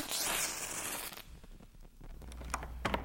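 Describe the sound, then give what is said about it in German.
A match is struck to light a candle, a loud rasping scrape that flares into a hissing burst of flame for about a second, followed by a low quiet hiss and a couple of faint clicks. “Oder doch stilvoller, mit einem Streichholz.”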